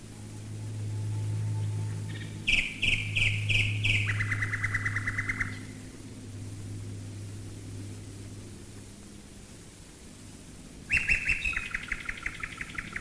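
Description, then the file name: Common nightingale singing rapid bursts of repeated notes that step down in pitch, a pause, then another burst, over a steady deep engine drone. Nightingales recorded in 1942 while bombers flew overhead. "nightingales and bombers 1942"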